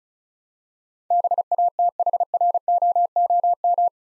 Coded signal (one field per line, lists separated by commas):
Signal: Morse code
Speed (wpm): 36 wpm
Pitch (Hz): 700 Hz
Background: none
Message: BATHROOM